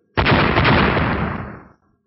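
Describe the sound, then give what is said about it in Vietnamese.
A loud, sudden blast of explosive noise with rapid crackling bursts inside it, roaring for about a second and a half before fading and cutting off. No voices. “Vài tiếng nổ truyền ra, Ngọc Ấn kia quả nhiên là không bình thường, vừa tiếp xúc đã bắt đầu gãy từng khúc.”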